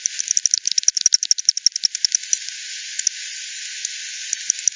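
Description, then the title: Bat echolocation clicks, a quick burst of sharp ticks for about two seconds, then fading to sparse faint pulses over a soft hiss. Multiple bats at the Hogsmill River, Hogsmill Lane, 7 October 2020 at 18:10 UTC; recorded with frequency division by ten, band-pass filtered and resampled. "WW bat 20201007 T 18 : 10 Z-Hogsmill-Lane-Hogsmill-River-multiple-bats"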